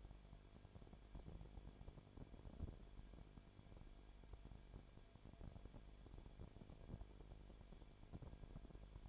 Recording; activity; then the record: daily activity, microphone in the room; no activity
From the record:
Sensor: 5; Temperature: 19.8 degrees Celsius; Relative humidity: 33.3%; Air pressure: 1001.4 hPa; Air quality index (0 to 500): 32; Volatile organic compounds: 1 ppm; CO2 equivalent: 526 ppm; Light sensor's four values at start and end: 2/3/1/1 and 2/3/1/1